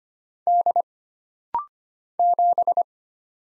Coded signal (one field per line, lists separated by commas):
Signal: Morse code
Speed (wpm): 25 wpm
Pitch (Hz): 700 Hz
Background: none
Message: D 7